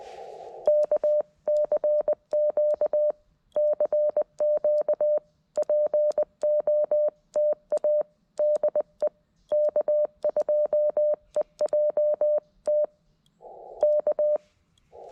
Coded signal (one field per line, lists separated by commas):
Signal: Morse code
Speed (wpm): 20 wpm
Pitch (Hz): 600 Hz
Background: none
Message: KCQ CQ POTA DE K2EJT K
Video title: Is this radio even worth buying for CW? It wasn't....until yesterday! CW POTA at K-5221